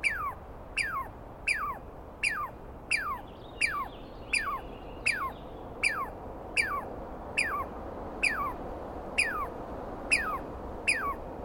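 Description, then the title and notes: Douglas squirrel calling with a rapid series of harsh, downward-sweeping squeals, somewhat uneven in pace, over a soft background hiss with faint other sounds. Douglas pine squirrel screaming at length at dawn, 21 April 2017, East Cascades; identified by sound, not clearly seen. "On the morning of 21 April, 2017, I set up my microphones and recorder for a nice dawn recording in the East Cascades. I was started awake by a screaming Douglas Pine Squirrel."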